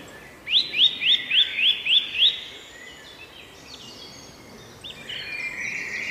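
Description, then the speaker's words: Eurasian nuthatch song: a loud series of seven rising whistled notes in quick succession, then fainter chirps over steady background noise. Song; always loud; simply built but variable, each bird with several strophe types. "Hören wir doch mal in seinen Gesang rein, bevor Bernhard uns erklärt, was wir da eigentlich hören und wie man den Kleiber sicher bestimmen kann."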